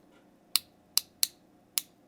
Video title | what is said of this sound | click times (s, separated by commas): This Chinese Diver Makes Luxury Swiss Dive Watches Look Silly | Those are really solid clicks and it's smooth. | 0.6 s, 1.0 s, 1.2 s, 1.8 s